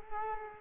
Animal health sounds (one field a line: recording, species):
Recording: mosquito wingbeat signal from an infrared sensor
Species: Culex quinquefasciatus